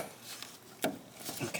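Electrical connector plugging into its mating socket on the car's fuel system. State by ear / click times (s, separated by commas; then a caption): not seated / none. A plastic electrical connector is handled at its mating socket on the fuel system of a Ferrari 360, worked on from underneath the car. A faint tap at 0.4 s and a sharper knock at 0.8 s stand out over soft scraping and rubbing handling noise. Nothing has seated or clicked yet.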